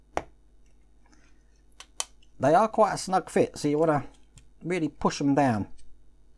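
A snug-fitting plastic detail part for an Agora Models Bismarck battleship model kit (Pack 9, stages 93–104) is handled and about to be pushed firmly down into the ship's deck. Short, sharp handling taps sound near 0.2 s and 2.0 s, with faint ticks between them, and then someone talks. Nothing has seated or clicked into place yet.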